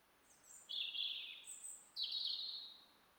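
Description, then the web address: European robin song, two bright high phrases of rapid warbled notes, each introduced by very thin high notes, with a pause between. "SETE Erithacus rubecula"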